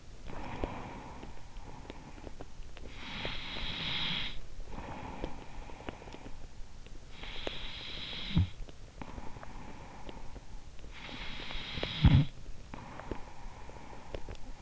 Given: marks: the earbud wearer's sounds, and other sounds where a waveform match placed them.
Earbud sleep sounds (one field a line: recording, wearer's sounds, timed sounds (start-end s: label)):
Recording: sounds in sleep by an in-ear microphone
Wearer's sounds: breath, snoring breath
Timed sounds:
0.00-7.22 s: breath
7.22-14.62 s: snoring breath